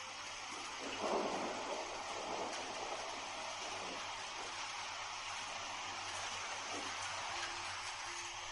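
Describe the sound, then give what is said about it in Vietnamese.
Heavy rain pours down in a steady, dense roar over the ruined Ngọa Phật temple, with a low rumble of thunder swelling near the start before settling back into the constant downpour. “Tiếp theo một trận mưa lớn sầm sập đổ xuống.”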